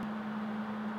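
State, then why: Not seated. A plasma-cut steel top piece for a hanging lantern is handled as it is pressed toward the other lantern panels held in a welding jig. A steady low hum around 200 Hz sits over constant broadband noise, with no sharp impacts. Nothing has seated or clicked yet.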